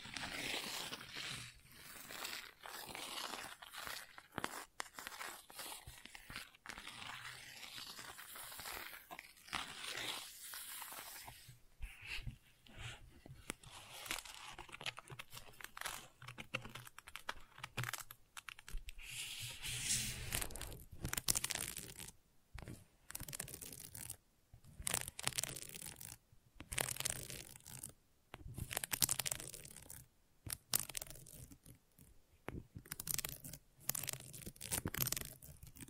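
Gentle scratching goes on throughout, made of quick, uneven bursts of bright, crisp rasping with short gaps between strokes. The strokes come densely in the first half, then turn more broken and stop-start after about twenty seconds, with brief silences. A faint low hum sits underneath.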